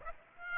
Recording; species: mosquito wingbeat signal from an infrared sensor; Aedes aegypti